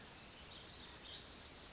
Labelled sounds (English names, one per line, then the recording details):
Blue-gray Gnatcatcher
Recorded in Sonoma County, California